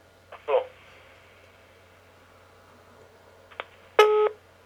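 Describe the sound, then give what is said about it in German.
Telephone tones: a couple of short, scratchy bursts followed by a brief, steady electronic beep with a buzzy, layered pitch near the end, over a low background hum. “Ich liebe unser Telefon.”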